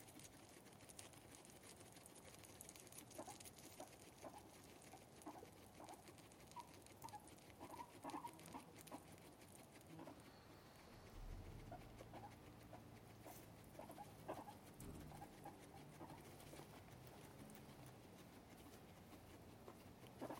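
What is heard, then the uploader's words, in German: Guinea pigs make odd little noises: short chirps, squeaks and soft grumbling purrs scattered through the twenty seconds, a little busier in the second half. A low rumble and steady indoor hiss sit underneath, with occasional rustling. Meerschweinchen machen sehr, sehr seltsame Geräusche. Hab' ich einmal eine OutsideSounds-Episode drinnen aufgenommen.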